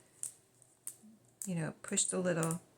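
A removable plastic clip is being handled and pushed back into a punched slit in a paper junk journal page. A few light taps and clicks come early on, then someone talks. The clip ends before the piece goes home, and nothing has seated yet.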